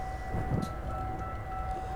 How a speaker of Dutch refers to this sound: Ja, er gaat nog een alarm af nu.